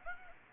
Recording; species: mosquito wingbeat signal from an infrared sensor; Aedes aegypti